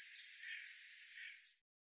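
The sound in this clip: Eurasian blue tit song: a couple of thin, high introductory notes followed by a fast, even trill that gradually fades out.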